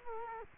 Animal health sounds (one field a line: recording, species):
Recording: mosquito wingbeat signal from an infrared sensor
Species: Culex quinquefasciatus